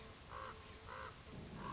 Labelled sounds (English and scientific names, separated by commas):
Common Raven (Corvus corax)